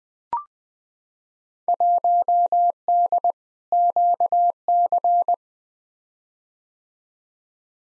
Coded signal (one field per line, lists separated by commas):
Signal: Morse code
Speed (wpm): 20 wpm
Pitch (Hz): 700 Hz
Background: none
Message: 1D QC